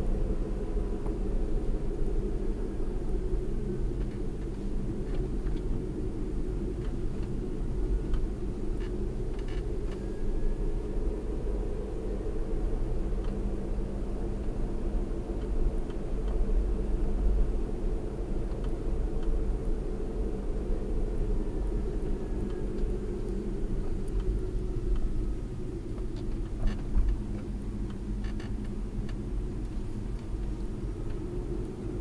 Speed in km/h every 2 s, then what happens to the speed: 45, 39, 35, 39, 45, 47, 52, 50, 50, 50, 45, 37, 32, 29, 31, 35.
0-5 slows to 35. 5-13 speeds up to 52. 13-18 steady at about 50. 18-25 slows to 29. 25-32 steady at about 31.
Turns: none.